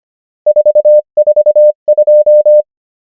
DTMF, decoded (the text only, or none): none